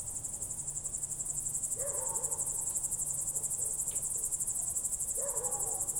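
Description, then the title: Crickets trilling in a steady high-pitched pulsing chorus, about four pulses a second, with short lower calls twice in the background. Night crickets heard through a window in Goworów, Poland, late evening of 18 July 2022, World Listening Day, recorded with a Zoom F4 and AT BP4025. "Goworów 6, 57-515, Poland - World Listening Day/Night 18/07/2022-night crickets"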